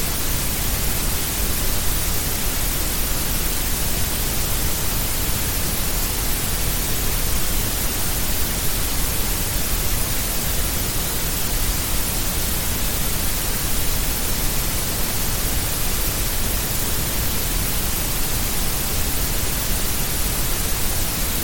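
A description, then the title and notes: A steady wash of brown and white noise runs unbroken for the whole stretch, with a deep rumbling low end under a bright, airy hiss. The level never shifts, and no separate events or background sounds break through. Brown and White Noise. It would have a low-frequency rumble and depth of brown noise, providing a soothing and relaxing quality. At the same time, the white noise component would add a hissing or static-like texture, contributing to more evenly distributed sound energy across frequencies.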